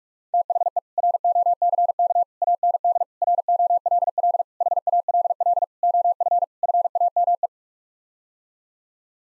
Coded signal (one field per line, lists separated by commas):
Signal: Morse code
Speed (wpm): 42 wpm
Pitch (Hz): 700 Hz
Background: none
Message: THE ROCK AND ROLL HALL OF FAME